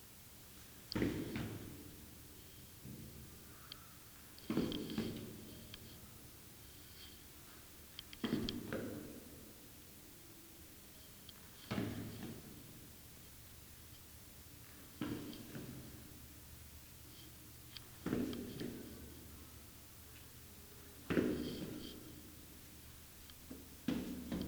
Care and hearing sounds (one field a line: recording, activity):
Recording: daily activity, guitar pickup as the sensor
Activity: go downstairs